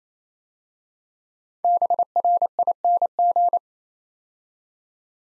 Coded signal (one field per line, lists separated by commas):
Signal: Morse code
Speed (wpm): 27 wpm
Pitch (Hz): 700 Hz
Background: none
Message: BRING